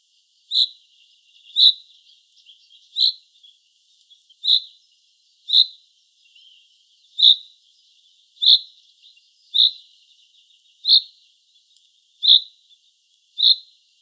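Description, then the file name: Common chaffinch repeating a sharp, metallic 'pink' call eleven times at a steady pace, with faint soft sounds in between. "Fringilla coelebs"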